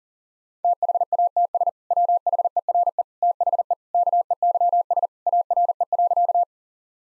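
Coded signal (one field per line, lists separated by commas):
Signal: Morse code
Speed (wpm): 40 wpm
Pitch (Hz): 700 Hz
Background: none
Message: THATS WHERE THE KEYS ARE.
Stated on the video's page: Morse practice at 40 wpm: sentences built from common two-word phrases, each sent twice for head-copy training.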